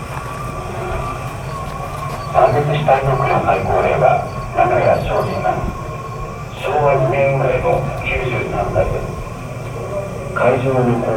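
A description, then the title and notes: Voices talk in bursts over a steady low rumble at Yasukuni Shrine in Tokyo, with speech rising around two, four and a half, six and a half, and ten seconds. Between phrases the murmur and low hum continue, like passing traffic or a train. Field-recorded at Yasukuni Shrine, Tokyo. An arranged ambient track by kaolu_euphony from the sound materials field-recorded at several places in Tokyo.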